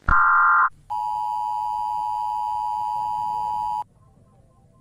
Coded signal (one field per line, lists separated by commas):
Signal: Emergency Alert System (SAME) tones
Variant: 853 and 960 Hz attention tone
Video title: EAS scenario: Little Girl